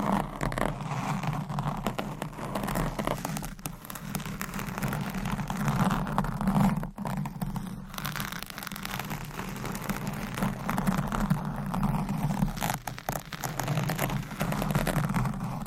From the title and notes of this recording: Mic Scratching - Brain Scratching on 10 Different Mics Asmr No Talking.